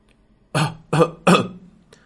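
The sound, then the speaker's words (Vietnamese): Three harsh, dry coughs from a man come in quick succession, each a short rasping burst of similar loudness, followed by a faint trailing breath. No one speaks. “ho khan vài tiếng, ho một lúc lâu, khó khăn lắm mới đè nén được rồi dừng lại.”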